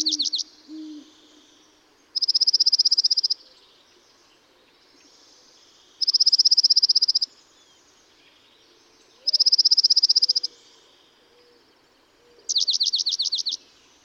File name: Dark-eyed Junco